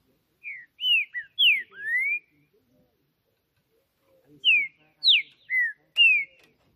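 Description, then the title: Green-winged saltator delivering two whistled phrases of four or five notes each, bright and slurred, with a two-second silence between them. Singing on a roof during a song contest (disputa); chirping, singing and 'macheando' (male-style song); birds named Justiceiro and FBI. "TRINCA Piando, Cantando E Macheando Na DISPUTA. Trinca Ferro CANTANDO MUITO de CARA em CIMA do TELHADO! Disputa. TRINCA JUSTICEIRO & FBI"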